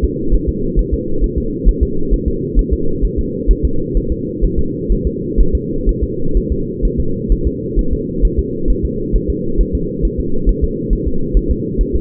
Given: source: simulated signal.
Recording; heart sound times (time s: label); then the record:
fetal heart sounds
0.04 s: S2
0.34 s: S1
0.49 s: S2
0.79 s: S1
0.94 s: S2
1.24 s: S1
1.38 s: S2
1.69 s: S1
1.83 s: S2
2.14 s: S1
2.28 s: S2
2.59 s: S1
2.73 s: S2
3.05 s: S1
3.19 s: S2
3.51 s: S1
3.65 s: S2
3.97 s: S1
4.12 s: S2
4.44 s: S1
4.59 s: S2
4.92 s: S1
5.07 s: S2
5.41 s: S1
5.55 s: S2
5.89 s: S1
6.03 s: S2
6.37 s: S1
6.52 s: S2
6.85 s: S1
7.00 s: S2
7.32 s: S1
7.47 s: S2
7.79 s: S1
7.93 s: S2
8.25 s: S1
8.39 s: S2
8.70 s: S1
8.85 s: S2
9.16 s: S1
9.30 s: S2
9.61 s: S1
9.75 s: S2
10.05 s: S1
10.20 s: S2
10.49 s: S1
10.64 s: S2
10.93 s: S1
11.08 s: S2
11.37 s: S1
11.51 s: S2
11.81 s: S1
11.95 s: S2
From the record:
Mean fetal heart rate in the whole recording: 130 bpm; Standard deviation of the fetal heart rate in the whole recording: 2 bpm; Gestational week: 36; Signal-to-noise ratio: -8.1 dB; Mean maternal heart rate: 72 bpm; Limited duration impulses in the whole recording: absent